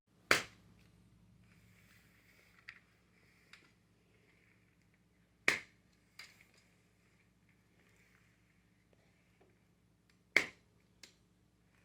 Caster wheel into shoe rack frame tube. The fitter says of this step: the click means that the wheels are secured in the structure